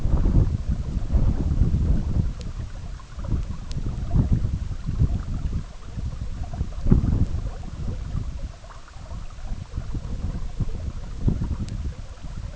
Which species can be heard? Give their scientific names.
none